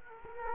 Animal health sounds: mosquito wingbeat signal from an infrared sensor; Culex quinquefasciatus

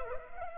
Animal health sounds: mosquito wingbeat signal from an infrared sensor; Culex pipiens

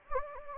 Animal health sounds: mosquito wingbeat signal from an infrared sensor; Anopheles gambiae

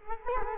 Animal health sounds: mosquito wingbeat signal from an infrared sensor; Culex quinquefasciatus

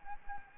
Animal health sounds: mosquito wingbeat signal from an infrared sensor; Anopheles gambiae

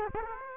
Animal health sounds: mosquito wingbeat signal from an infrared sensor; Aedes aegypti

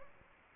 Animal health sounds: mosquito wingbeat signal from an infrared sensor; Anopheles gambiae

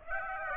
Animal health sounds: mosquito wingbeat signal from an infrared sensor; Aedes aegypti

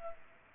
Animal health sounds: mosquito wingbeat signal from an infrared sensor; Culex pipiens

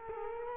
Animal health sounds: mosquito wingbeat signal from an infrared sensor; Culex quinquefasciatus

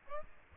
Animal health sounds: mosquito wingbeat signal from an infrared sensor; Aedes albopictus

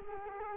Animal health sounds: mosquito wingbeat signal from an infrared sensor; Culex quinquefasciatus

